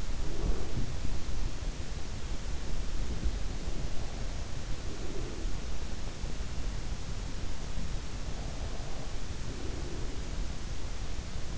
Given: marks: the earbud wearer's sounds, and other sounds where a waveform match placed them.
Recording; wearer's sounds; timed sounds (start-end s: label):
sounds in sleep by an in-ear microphone; breath
0.00-1.23 s: breath
4.81-6.00 s: breath
9.11-11.58 s: breath